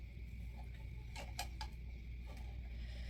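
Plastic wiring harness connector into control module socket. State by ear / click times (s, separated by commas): not seated / none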